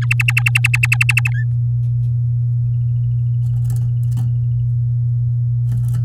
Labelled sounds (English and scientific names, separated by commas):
Domestic Canary (Serinus canaria) song